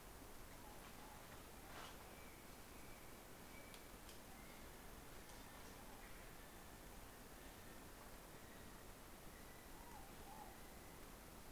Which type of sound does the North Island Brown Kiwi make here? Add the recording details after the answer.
male call. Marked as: faintness 5/5. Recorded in New Zealand on 16 November 2013. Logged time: 21:44. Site BS16